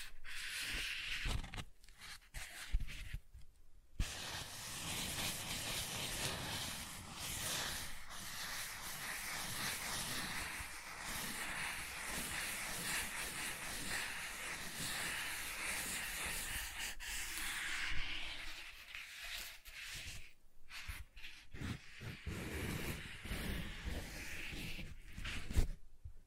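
Soft tracing across smooth and rough surfaces makes a steady rasping hiss from about 4 to 18 seconds, framed by scattered scratches and taps.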